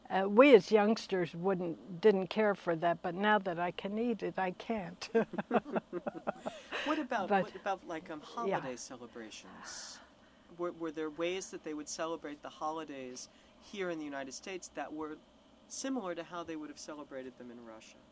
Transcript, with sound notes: we as youngsters wouldn't — didn't care for that, but now that I can eat it, I can't. [Laughs]
What about —
But — yeah.
What about like on holiday celebrations? Were there ways that they would celebrate the holidays here in the United States that were similar to how they would have celebrated them in Russia?